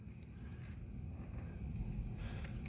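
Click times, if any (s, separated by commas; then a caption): none. A plastic electrical connector is being handled and slid onto the evap charcoal canister's purge valve plug on a 1997–2001 Toyota Camry (canister OEM P/N 77740-06042, replaced for codes P0441 and P0446). Over a steady low rumble, a few faint plastic ticks and rustles sound at about 0.2, 0.7, 2.5 and 2.7 seconds. The connector has not seated or clicked yet.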